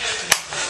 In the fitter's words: with a very nice click there is a little bit of a wobble in the stock